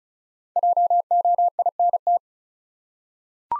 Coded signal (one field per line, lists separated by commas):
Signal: Morse code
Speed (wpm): 36 wpm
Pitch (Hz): 700 Hz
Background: none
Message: JOINT